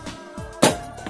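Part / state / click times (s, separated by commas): motorcycle seat into its latch / not seated / none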